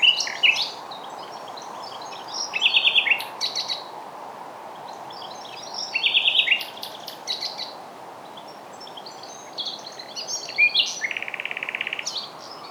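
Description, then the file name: Common nightingale song: several phrases mixing sharp clicks, fast trills and whistled notes, ending with a long even buzzy rattle, over a steady hiss. "Luscinia megarhynchos"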